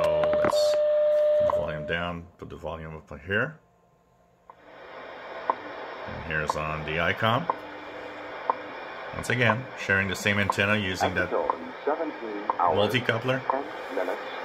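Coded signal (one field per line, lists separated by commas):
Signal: radio time signal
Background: speech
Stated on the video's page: WWV on 15 MHz received through a multicoupler on Yaesu FT-450, Icom IC-R8500, SDRplay RSPdx and Tecsun PL990x receivers.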